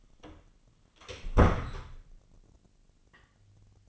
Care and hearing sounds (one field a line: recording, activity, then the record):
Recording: daily activity, microphone in the room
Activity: close door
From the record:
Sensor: 4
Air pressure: 1010.0 hPa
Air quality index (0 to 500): 195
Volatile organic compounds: 3 ppm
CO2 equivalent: 1400 ppm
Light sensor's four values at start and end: 35/85/35/38 and 38/92/38/40